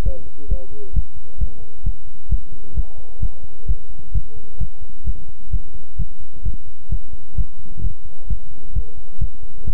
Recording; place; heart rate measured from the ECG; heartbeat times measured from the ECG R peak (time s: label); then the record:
heart sounds by stethoscope; between the tricuspid and mitral areas; 131 bpm
0.03 s: heartbeat
0.48 s: heartbeat
0.93 s: heartbeat
1.38 s: heartbeat
1.84 s: heartbeat
2.29 s: heartbeat
2.74 s: heartbeat
3.20 s: heartbeat
3.66 s: heartbeat
4.12 s: heartbeat
4.58 s: heartbeat
5.04 s: heartbeat
5.51 s: heartbeat
5.96 s: heartbeat
6.43 s: heartbeat
6.89 s: heartbeat
7.35 s: heartbeat
7.81 s: heartbeat
8.27 s: heartbeat
8.73 s: heartbeat
9.19 s: heartbeat
9.65 s: heartbeat
From the record:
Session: pedaling a stationary bicycle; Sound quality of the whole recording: good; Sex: male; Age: 24 years